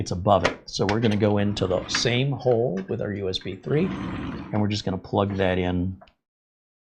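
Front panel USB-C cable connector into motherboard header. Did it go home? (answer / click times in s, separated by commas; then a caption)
no / none. The front-panel USB Type-C cable connector is being pushed toward its motherboard header, just above the USB 3 header, and is meant to snap in. Someone talks throughout, with faint handling sounds underneath. Nothing has seated or clicked yet.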